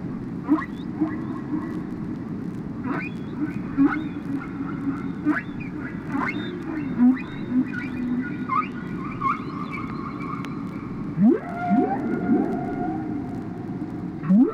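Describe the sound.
Whale calls: scattered quick upward chirps and clicks, then a louder burst of overlapping harmonic squeals near the end, over constant background hiss.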